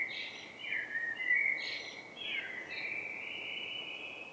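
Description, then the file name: Common blackbird song: warbled, fluty phrases with sliding notes and brief higher twittery flourishes, continuing almost without pause over a faint steady background hiss. "Turdus merula"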